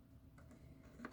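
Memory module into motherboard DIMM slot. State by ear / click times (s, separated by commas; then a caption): seated / 0.4 s, 1.0 s. A RAM stick is slid into its slot on a test-bench motherboard and pressed down with equal force until the plastic retention clips on both ends snap closed. Two sharp clicks are heard at 0.4 s and 1.1 s over a low steady hum, the second louder and brighter. The memory module is seated with both latches clicked in.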